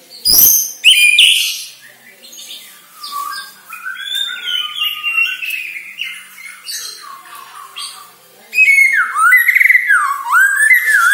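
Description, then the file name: White-rumped shama song: sharp clicks, then soft varied whistles and trills, ending in louder slurred whistled phrases. Borneo; lure recording intended to make shamas sing actively. "Sara Pancingan Murai Batu Borneo Agar Gacor Dor"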